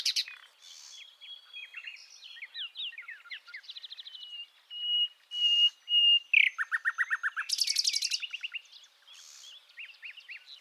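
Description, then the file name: Common nightingale singing a varied run of whistled notes, one long pure tone, then loud rapid repeated chips and buzzy trills near the end. "Luscinia megarhynchos"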